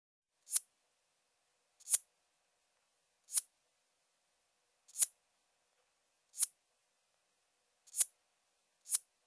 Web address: Crickets and Katydids. Forktailed Bush Katydid, Scudderia furcata